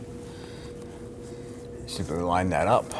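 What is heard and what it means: On a 2009–2017 Volvo XC60 3.2L, the upstream oxygen sensor's pigtail connector is handled and brought into position to be lined up with the vehicle wiring harness connector, with a faint steady hum and quiet handling noise in the background. Someone talks near the end of the clip. Nothing has seated or clicked yet.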